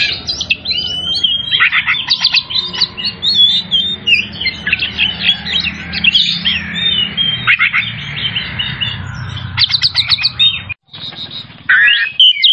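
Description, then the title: Oriental magpie-robin song: long stream of chirps, trills and slurred whistles, energetic and varied, with short breaks and a steady low hum underneath. Singing vigorously, in the style called gacor; from Tretes. "Kacer Tretes"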